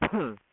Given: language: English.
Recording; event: throat vibration sensor signal played as sound; cough